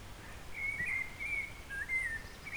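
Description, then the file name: Eurasian blackbird producing a short run of soft, slurred whistled notes that rise and fall, with light background noise. "Turdus merula"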